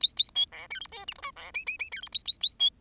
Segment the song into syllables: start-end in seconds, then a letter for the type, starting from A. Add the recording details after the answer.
0.01-0.14 A, 0.17-0.31 A, 0.35-0.46 B, 0.52-0.68 C, 0.70-0.80 D, 0.80-0.87 E, 0.92-1.06 F, 1.07-1.14 G, 1.15-1.21 H, 1.22-1.31 I, 1.36-1.51 C, 1.54-1.65 J, 1.66-1.78 J, 1.79-1.90 J, 1.92-2.01 D, 2.02-2.09 E, 2.12-2.23 A, 2.25-2.39 A, 2.41-2.55 A, 2.59-2.70 B. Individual Bird10